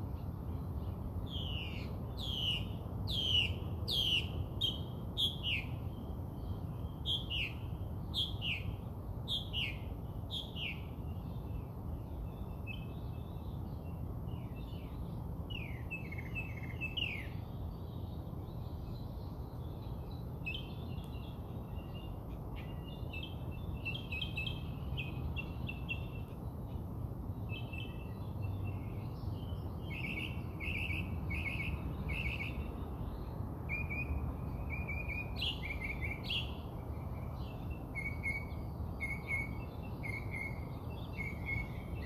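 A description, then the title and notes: Birds sing outside a house in quick repeated chirping phrases, busiest early and again later, over a steady low rumbling hum throughout. More bird songs outside my house.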